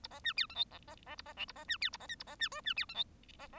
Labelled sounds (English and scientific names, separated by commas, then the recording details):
Bengalese Finch (Lonchura striata domestica) song
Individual Bird1